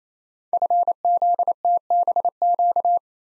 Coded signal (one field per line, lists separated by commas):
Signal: Morse code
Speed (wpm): 29 wpm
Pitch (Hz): 700 Hz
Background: none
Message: FZTBQ